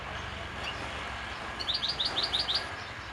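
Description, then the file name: European goldfinch calls: a quick series of bright, twittering notes near the end, over steady background noise. "Carduelis carduelis"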